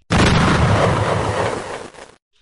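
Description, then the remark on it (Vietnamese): A massive dynamite explosion on a mountain top bursts out suddenly and roars with deep, heavy rumbling for about two seconds before cutting off abruptly, loud and booming throughout with no voices. “Nhưng bọn họ mới chạy được vài bước, trên đỉnh núi đã vang lên tiếng nổ rung trời.”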